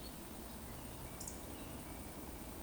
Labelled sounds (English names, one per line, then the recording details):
Eurasian Woodcock whistle
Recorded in Baden-Württemberg, Germany, on 23 June 2020 at 20:02 UTC
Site 14569, 102 m above sea level